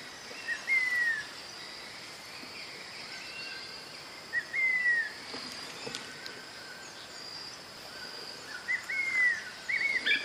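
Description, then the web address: Cinnamon Attila calling: several separate downslurred whistles at uneven intervals, over a steady high background hum. "sound Cinnamon-attila. صدای-پرنده-آتیلای-دارچینی"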